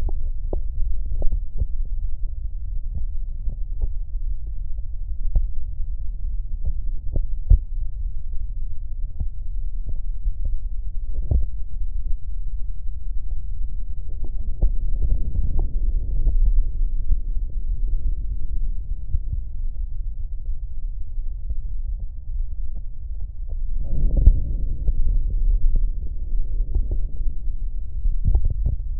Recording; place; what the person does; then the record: lung sounds by stethoscope; right posterior apical chest; quiet breathing, then deep breathing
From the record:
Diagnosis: none (healthy); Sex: male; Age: 35 years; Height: 186 cm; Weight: 108 kg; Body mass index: 31.2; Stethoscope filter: extended mode